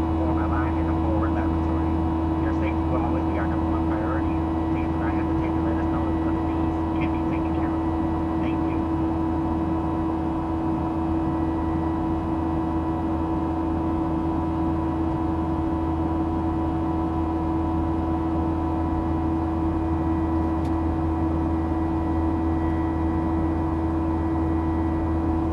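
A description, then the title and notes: Jet engines hum steadily throughout the flight: a deep, even rumble with a constant droning tone above it that never changes in level. Faint voices murmur under the drone during the first eight seconds, and a single soft click comes around twenty seconds. The sounds of a flight from San Francisco International Airport to Phoenix Sky Harbor International Airport. A subtle hum of the engines and the occasional announcement from the flight crew.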